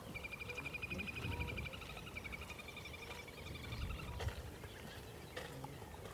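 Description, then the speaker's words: Little grebe giving a long, fast whinnying trill of high, evenly spaced notes lasting several seconds, then trailing off, with low rumbling background noise and occasional clicks. Call likened to a really squeaky motorcycle trying to start up; reed beds and open water beside a railway track, lowland Somerset, mid April. "it sounds like a really squeaky motorcycle trying to start up."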